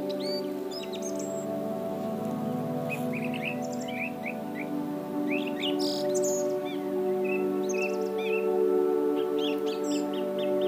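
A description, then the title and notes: Soft, sustained music with long held low and middle tones plays steadily throughout, its level nearly constant. Over it, birds chirp and tweet in frequent short, bright bursts, scattered across the whole clip, with a few higher whistles standing out. Relaxing music and bird sounds.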